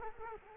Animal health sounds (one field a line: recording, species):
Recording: mosquito wingbeat signal from an infrared sensor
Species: Culex quinquefasciatus